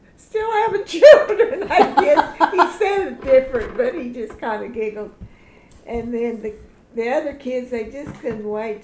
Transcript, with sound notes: --still having children! (laughing) I guess-- (laughing) He said it different, but he just kind of giggled. And then the--the other kids, they just couldn't wait to see him.